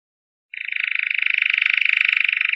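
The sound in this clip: Canary trill: after a short silence, one steady buzzy roll of fast repeated notes runs without a break for about two seconds.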